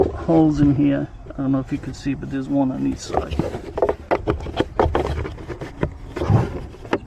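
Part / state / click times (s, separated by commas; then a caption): cabin air filter cover into the filter housing behind the glovebox / seated / 6.9 s. Someone talks while fitting the plastic cabin air filter cover of a Lexus ES350 into the filter housing behind the glovebox, putting its tabs into the two holes, one on each side, and pushing it in gently. Several short plastic knocks and handling sounds follow. A slight click at 6.9 s marks the cover seating into place.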